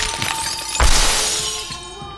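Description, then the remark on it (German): Glass shatters in one sudden, loud crash, then a bright tinkling spray of shards rings on and slowly fades away. No voices are heard. “Und überall die Scherben.”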